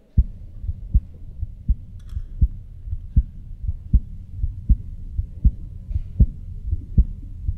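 Strong, steady, low thumps at about 79 beats a minute, each with a sharp, knocking edge, from an adult woman's heart months after aortic replacement surgery. They are picked up by a microphone about 6 inches in front of her chest, not a stethoscope. The heartbeat is loud enough to hear 2 feet away in a quiet room.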